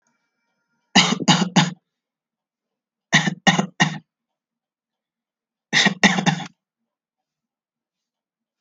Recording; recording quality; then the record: shallow voluntary cough; excellent, no background noise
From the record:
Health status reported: healthy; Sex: male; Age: 25 years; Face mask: not worn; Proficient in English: yes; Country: India